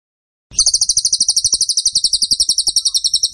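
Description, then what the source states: Bird song: after a short silence, a dense, high, rattling series of quick repeated notes begins and carries on to the end. Training (masteran) recording for cage birds; song style called tembakan; bird singing vigorously (gacor).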